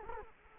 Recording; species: mosquito wingbeat signal from an infrared sensor; Culex quinquefasciatus